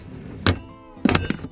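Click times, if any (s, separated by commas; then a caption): 0.5 s. A van cabinet door is pushed shut onto a ball bearing catch installed on only one side, because the way the cabinet is built kept the other side from lining up. A sharp snap at 0.5 s marks the catch locking the door into place, followed by a few more quick knocks around 1.1–1.3 s. The door is latched closed and secure.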